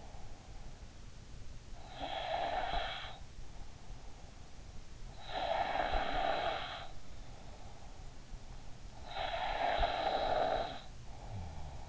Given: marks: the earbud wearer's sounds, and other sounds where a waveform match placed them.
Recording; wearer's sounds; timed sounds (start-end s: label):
sounds in sleep by an in-ear microphone; breath, snoring breath
0.00-8.70 s: breath
8.70-11.88 s: snoring breath